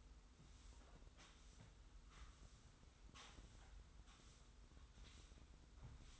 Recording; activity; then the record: daily activity, microphone in the room; sweep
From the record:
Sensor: 3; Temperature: 25.5 degrees Celsius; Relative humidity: 43.4%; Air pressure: 990.4 hPa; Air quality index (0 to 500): 196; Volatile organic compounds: 1000 ppm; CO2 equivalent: 6413 ppm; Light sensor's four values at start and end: 44/105/43/40 and 45/105/43/41